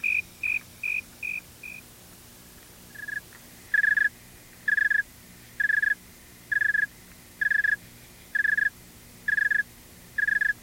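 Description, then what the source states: Snowy tree cricket song: short pulsed chirps at first fast, then slower, lower chirps repeated roughly once a second, each a brief buzzy burst. Male at about 72 degrees Fahrenheit followed by a very cold male at about 56 degrees singing slower, about one song a second.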